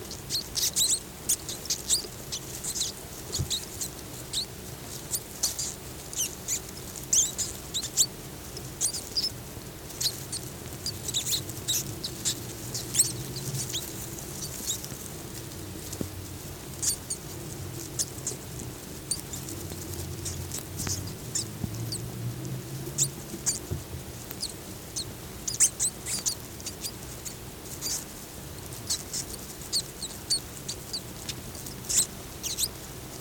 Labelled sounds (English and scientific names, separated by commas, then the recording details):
Brown Rat (Rattus norvegicus) call
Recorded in captivity
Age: juvenile
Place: Zoologisches Institut der HUB, Berlin, DE
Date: 1955-05-23 12:00
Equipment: Elmetra
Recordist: Tembrock, Günter